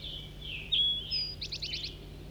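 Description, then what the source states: Red crossbill calls, a few thin high notes followed by a quick run of five short chip notes, with a low steady hum underneath. Captive decoy bird calling at the bottom of Poverty Hollow, in forest, at about 7 a.m., June 9, 1983.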